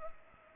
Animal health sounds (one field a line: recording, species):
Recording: mosquito wingbeat signal from an infrared sensor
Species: Culex pipiens